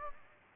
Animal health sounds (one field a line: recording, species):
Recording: mosquito wingbeat signal from an infrared sensor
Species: Aedes aegypti